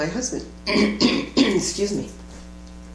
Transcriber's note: clears throat